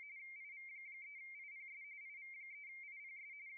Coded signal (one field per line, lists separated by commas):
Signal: RTTY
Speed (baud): 45.45 baud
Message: IV3IPS IV3IPS